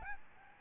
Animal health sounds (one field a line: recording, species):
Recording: mosquito wingbeat signal from an infrared sensor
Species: Aedes albopictus